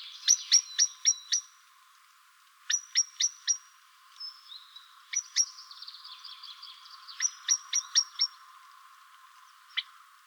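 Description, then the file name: Common blackbird repeating short bursts of sharp, bright ticks, with a quieter warbling stretch in the middle. "Turdus merula"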